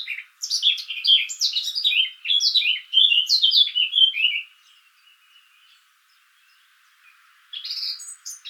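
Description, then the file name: Eurasian blackcap song: scratchy opening notes build into loud, fluty descending whistles, a quiet gap, then another phrase begins. "Sylvia atricapilla"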